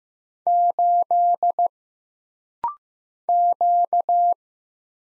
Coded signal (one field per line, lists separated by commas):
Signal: Morse code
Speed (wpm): 15 wpm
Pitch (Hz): 700 Hz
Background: none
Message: 8 Q